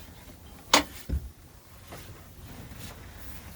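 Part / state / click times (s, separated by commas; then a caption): swivel seat lock on a boat helm seat base / seated / 0.7 s. A boat helm seat on a 2021 Sea Ray 310 SLX OB is swung back around on its swivel base until its pin or latch engages. A loud, sharp click at 0.7 seconds is followed by a duller low thump just after, then quiet background. The swivel seat locks into place.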